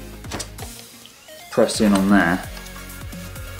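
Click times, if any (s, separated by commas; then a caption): none. Someone presses deliberately on the aluminium bottom cover of a MacBook Pro laptop, then levers it, trying to snap its retaining clip into the chassis; a few faint taps and handling noises sit under steady tonal background sound while someone talks. Nothing has clicked into place yet; the clip stays unseated and only seats later.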